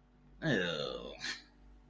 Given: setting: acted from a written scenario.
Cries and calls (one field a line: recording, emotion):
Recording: vocal sound without words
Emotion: disgust